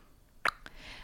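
Two short, sharp mouth clicks, the first louder, a fraction of a second apart, over quiet room background. An adult imitates the tongue click heard during an infant's suckling, at the breast or bottle: the tongue, in its up-and-down movement, loses pressure because the task is too hard, a sign of restrictive oral ties. Swallowing does not make this sound.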